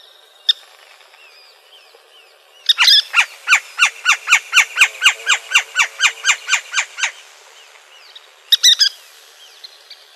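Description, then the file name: Western kingbird calls, a steady run of many sharp, clipped notes at about four per second, then a short sputtering burst. Calls recorded in Arizona. "WEKI CALLS deviche"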